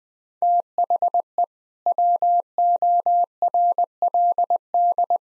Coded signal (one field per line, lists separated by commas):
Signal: Morse code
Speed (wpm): 21 wpm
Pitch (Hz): 700 Hz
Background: none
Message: THE WORLD